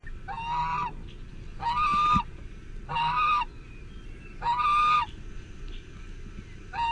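Goose honking, four drawn-out nasal honks and the start of a fifth, over low background rumble.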